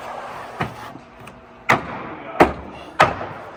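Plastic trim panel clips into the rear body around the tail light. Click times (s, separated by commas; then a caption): 1.7 s, 2.4 s, 3.0 s. After AlphaRex LED tail lights are installed on a Model 3 or Model Y, a plastic trim panel around the tail light is pushed firmly back into the rear body. Its clips snap home with three sharp snaps at 1.7, 2.4 and 3.0 seconds, after a softer knock near 0.6 seconds. The panel is seated.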